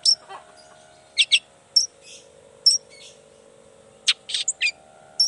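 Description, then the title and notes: Long-tailed shrike song: an irregular mix of sharp high whistles, scratchy buzzes and brief chattering notes with uneven gaps. Morning singing; chatty, varied song of a long-tailed shrike, said to prompt other shrikes to answer at once and start singing their repertoire. "Cendet Gacor Dor Di Kala Pagi Toet Toet Variasi Suara. Cendet Gacor Pagi Hari Biangnya Bikin Cendet Manapun Langsung On Nyaut Buka Materi. Burung cendet"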